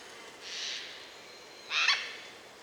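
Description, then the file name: Eurasian jay giving two harsh, raspy screeches about a second apart, the second louder, over a faint steady hiss. "Garrulus glandarius"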